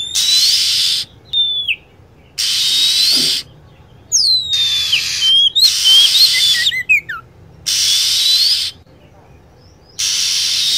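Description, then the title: Lovebird calls: repeated harsh, hissing screeches about a second long. Scattered thin descending whistled chirps sit between them, and there are brief silences. Lure recording used to attract lovebirds. "PIKAT BURUNG LOVEBIRD"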